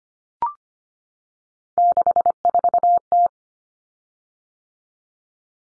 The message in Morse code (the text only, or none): 64T